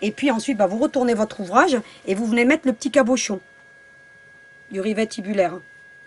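A woman talks while handling the small cap of a tubular rivet, about to press it onto the rivet post through a fabric or leather bag strap. Her speech runs until about 3.4 seconds, then there is a quiet pause with a faint steady hum, and she talks again from about 4.7 to 5.6 seconds. The cap has not yet snapped onto the post, and nothing has seated or clicked.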